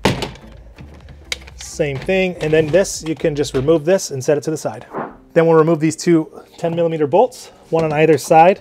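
The top plastic trim panel in a 2022+ Tesla Model Y interior is pulled upward on its second side during an Ohmmu HEPA + carbon filter kit installation. Its retaining clips pop free with sharp snaps at 0.1 s and 1.3 s, releasing the panel. Someone then talks.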